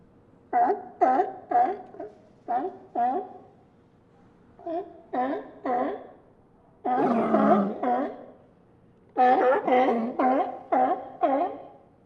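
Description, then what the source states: Sea lions barking, hoarse harmonic barks in quick runs with short pauses between, and one longer, rougher roaring bark near the middle. A group of sea lions barking.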